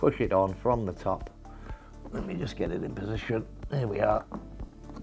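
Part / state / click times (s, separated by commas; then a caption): cable tidy bracket onto pressure washer body / not seated / none. A plastic cable tidy is pushed down from the top onto the side of a Hyundai HYW2400E 2400W pressure washer body while someone talks, with a few faint handling taps near the end. The clip ends before the cable tidy goes home, so nothing has seated or clicked yet.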